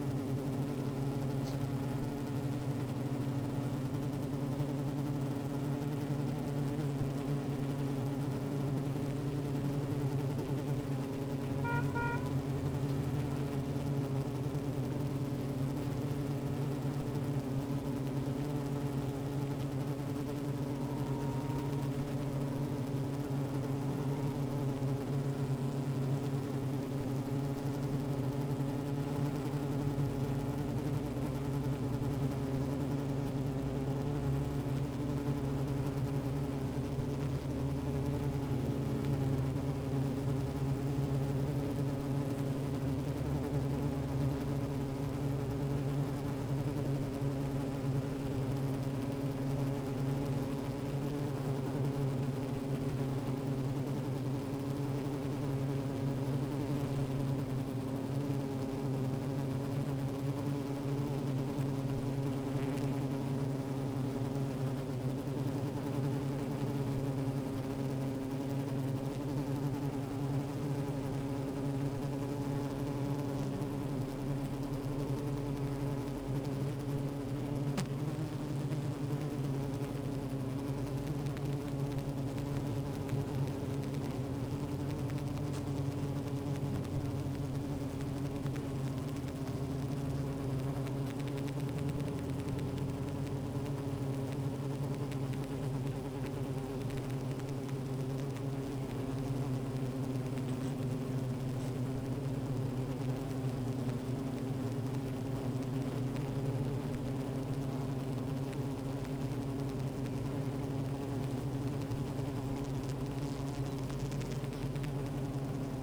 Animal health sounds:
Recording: honeybee colony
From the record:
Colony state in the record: active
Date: 28 July 2017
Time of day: 15:22

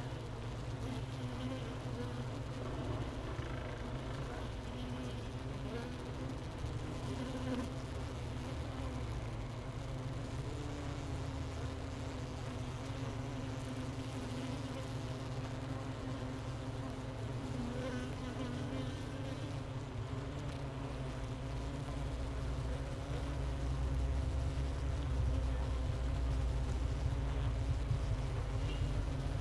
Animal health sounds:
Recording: honeybee colony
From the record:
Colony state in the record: missing queen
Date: 31 May 2018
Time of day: 13:15

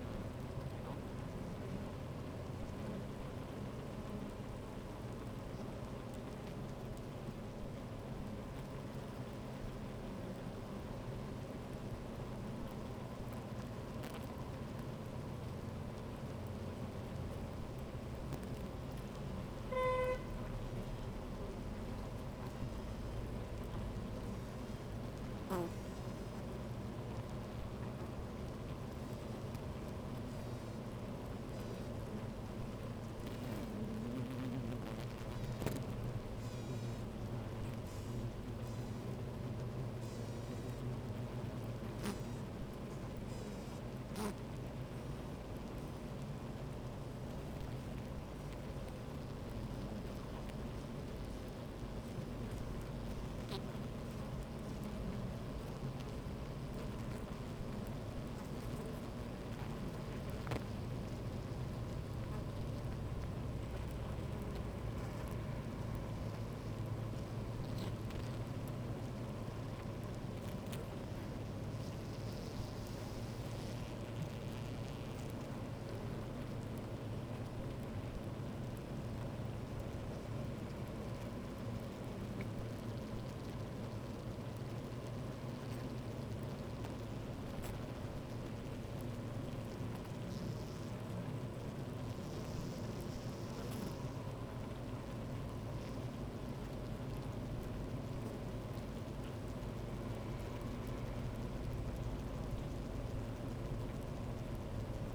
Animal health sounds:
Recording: honeybee colony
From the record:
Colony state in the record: active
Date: 28 July 2017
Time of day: 12:27

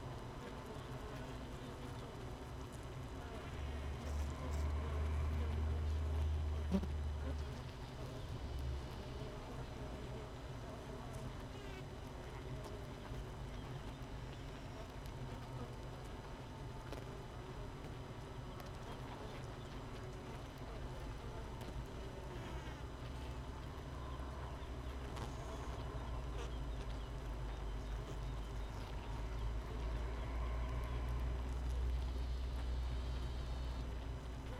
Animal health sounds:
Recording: honeybee colony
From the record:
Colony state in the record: missing queen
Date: 31 May 2018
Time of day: 5:25

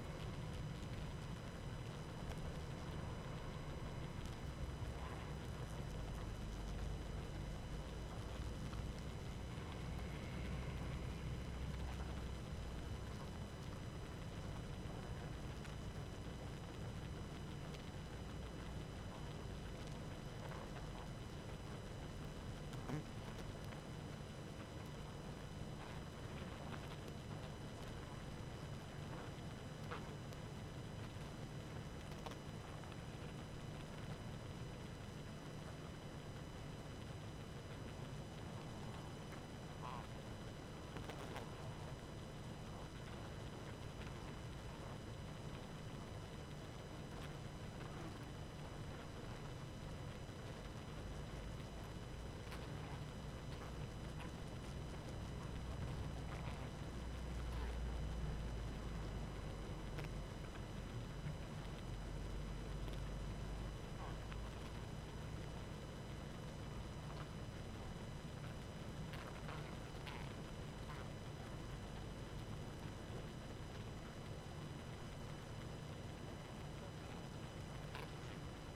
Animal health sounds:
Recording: honeybee colony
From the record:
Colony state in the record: active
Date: 12 June 2018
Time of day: 19:26

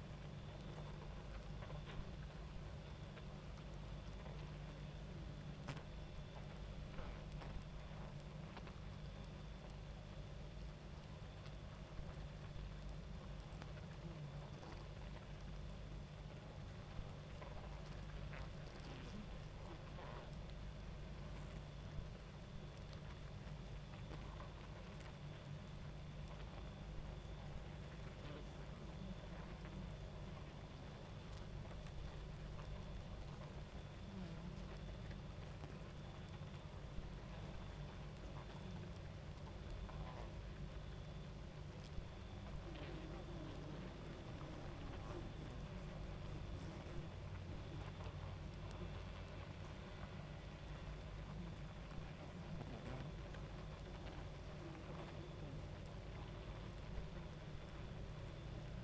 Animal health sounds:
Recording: honeybee colony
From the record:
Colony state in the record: active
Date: 28 July 2017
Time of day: 23:53

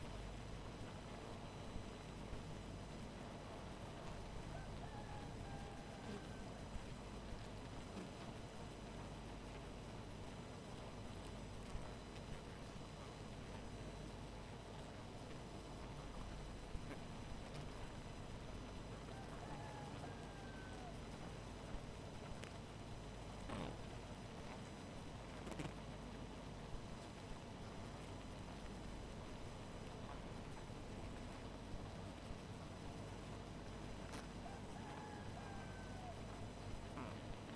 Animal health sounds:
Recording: honeybee colony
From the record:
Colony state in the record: missing queen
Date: 14 July 2017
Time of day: 2:37

